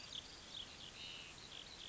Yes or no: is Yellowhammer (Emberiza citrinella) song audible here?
no